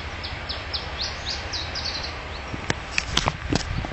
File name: iberischer zilpzalp